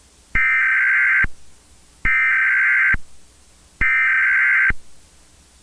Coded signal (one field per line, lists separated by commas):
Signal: Emergency Alert System (SAME) tones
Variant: header bursts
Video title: EAS Scenario | Cursed Moon (#115)